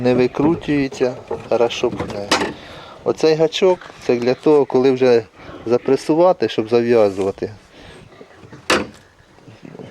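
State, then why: Seated. Someone talks while working a metal hook latch on the frame of a homemade manual hay and straw baler, the hook used for tying the bale once it has been pressed. The latch is pushed to one side and locks in place with a sharp metallic hit at 8.7 s.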